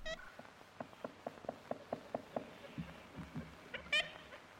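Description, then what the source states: Ivory-billed Woodpecker, a nasal harmonic toot at the start and another near the end, with a run of soft evenly spaced notes between, over background hiss. Archival recording made in April 1935.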